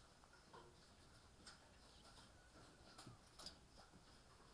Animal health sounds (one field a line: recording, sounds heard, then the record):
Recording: poultry house recording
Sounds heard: healthy chickens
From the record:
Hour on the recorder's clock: 18